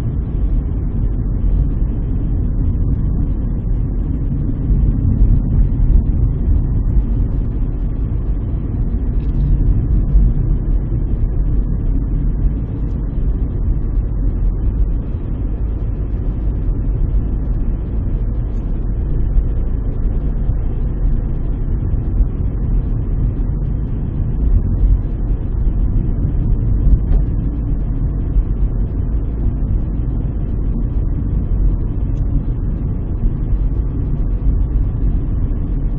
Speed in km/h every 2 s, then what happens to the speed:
42, 39, 41, 42, 42, 42, 41, 41, 42, 44, 44, 44, 42, 42, 41, 41, 41, 41.
0-36 steady at about 42.